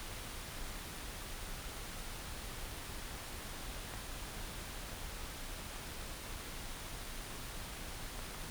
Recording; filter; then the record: brain microelectrode recording played as sound; wide band, above 20 Hz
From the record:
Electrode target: subthalamic nucleus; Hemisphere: right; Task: reaching with the left hand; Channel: 1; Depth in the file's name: 5.102 mm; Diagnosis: Parkinson's disease